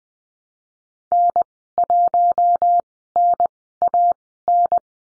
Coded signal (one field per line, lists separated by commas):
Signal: Morse code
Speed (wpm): 20 wpm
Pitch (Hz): 700 Hz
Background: none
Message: N1NAN